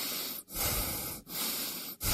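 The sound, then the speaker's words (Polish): A person breathes heavily in and out, each loud, airy rush of breath separated by a brief pause, in a steady rhythm of about three breaths. No one speaks. “Proszę oddychać.”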